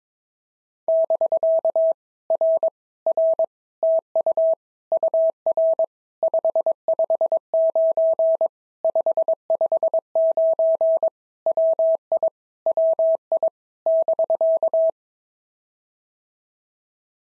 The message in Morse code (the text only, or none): <BK> R R TU UR 559 559 WI WI <BK>